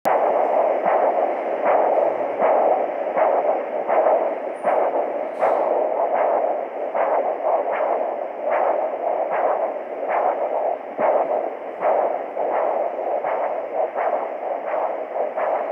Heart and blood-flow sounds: Doppler ultrasound of blood flow; carotid artery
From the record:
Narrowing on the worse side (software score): normal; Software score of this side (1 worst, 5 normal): 5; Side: left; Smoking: never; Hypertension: no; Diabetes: no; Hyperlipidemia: no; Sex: female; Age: 19 years

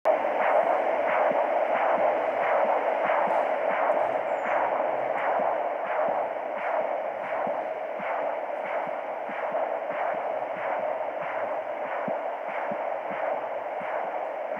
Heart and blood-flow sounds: Doppler ultrasound of blood flow; carotid artery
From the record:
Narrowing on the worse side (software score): occlusion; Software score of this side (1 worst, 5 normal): 1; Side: left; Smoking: never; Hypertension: yes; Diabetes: type 2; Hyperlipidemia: yes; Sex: female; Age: 67 years

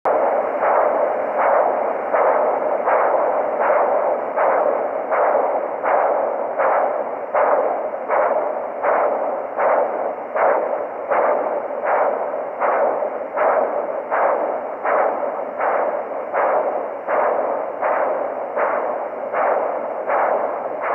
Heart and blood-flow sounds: Doppler ultrasound of blood flow; carotid artery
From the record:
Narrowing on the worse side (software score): occlusion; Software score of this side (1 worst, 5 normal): 1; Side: left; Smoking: current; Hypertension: yes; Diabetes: type 2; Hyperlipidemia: yes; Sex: male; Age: 61 years

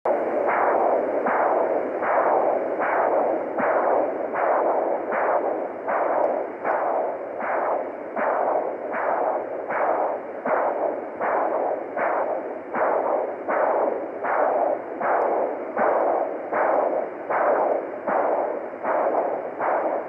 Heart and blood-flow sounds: Doppler ultrasound of blood flow; carotid artery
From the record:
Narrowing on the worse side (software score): occlusion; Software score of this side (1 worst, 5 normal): 1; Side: right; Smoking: never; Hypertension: yes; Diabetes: type 2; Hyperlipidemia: controlled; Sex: female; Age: 46 years

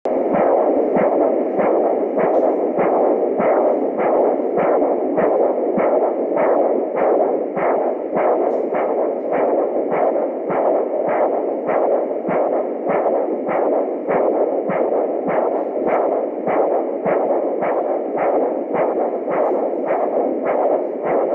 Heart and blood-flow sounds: Doppler ultrasound of blood flow; carotid artery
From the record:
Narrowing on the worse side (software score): normal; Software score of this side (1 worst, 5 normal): 5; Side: left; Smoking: former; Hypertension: yes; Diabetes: no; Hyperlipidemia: yes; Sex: male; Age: 22 years

